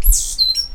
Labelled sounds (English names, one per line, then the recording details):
Stitchbird song
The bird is a male
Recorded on Tiritiri Matangi Island, New Zealand, in 2005
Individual 8, of nest box 10